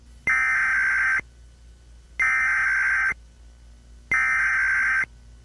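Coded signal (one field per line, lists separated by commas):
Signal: Emergency Alert System (SAME) tones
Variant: header bursts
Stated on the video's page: Valid SAME tones in a fictional EAS scenario about a radioactive meteor impact.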